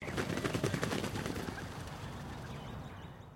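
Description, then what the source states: Pigeons taking off together: a burst of rapid, clattering wingbeats for about a second and a half, then fading into a soft rush of air. A flock of pigeons taking off.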